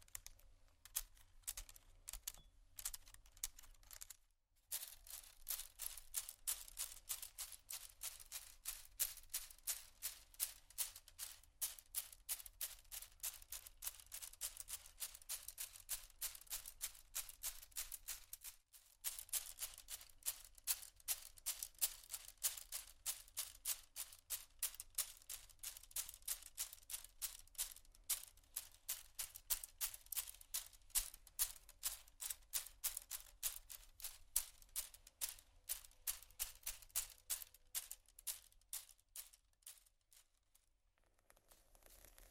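Rapid, bright tapping on glass and bamboo runs almost nonstop in dense, irregular clicks, pausing briefly near 4 and 18 seconds.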